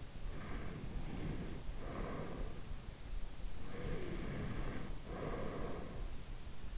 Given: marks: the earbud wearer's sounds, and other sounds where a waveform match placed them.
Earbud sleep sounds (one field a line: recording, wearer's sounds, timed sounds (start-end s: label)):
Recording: sounds in sleep by an in-ear microphone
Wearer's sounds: breath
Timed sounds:
0.18-2.63 s: breath
3.65-6.29 s: breath